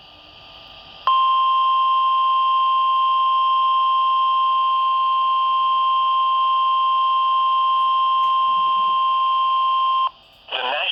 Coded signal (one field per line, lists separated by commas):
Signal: Emergency Alert System (SAME) tones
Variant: 1050 Hz attention tone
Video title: SPOOKTOBER... EAS Alerts from 10/25/21 (EAS #794-800)